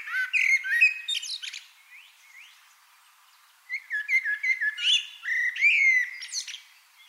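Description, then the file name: Eurasian wren song: a shrill twittering burst, a pause with faint notes, then a second loud run of sharp, high squeaky notes. "Troglodytes troglodytes"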